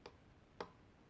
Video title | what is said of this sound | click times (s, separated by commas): USE the iPhone 4s in 2019, 2020 & Beyond. Here's How - Optimize - iOS 9.3.5 | just going to put that once you get your new battery and I'll make a clicking noise you | 0.6 s